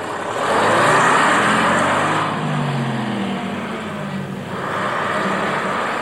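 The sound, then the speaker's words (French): A heavy city bus engine in Montgomery rumbles past with a low droning tone and a broad wash of road noise, swelling loud early, easing, then rising again as another vehicle passes. “Le boycott des bus de Montgomery dure plus d'une année.”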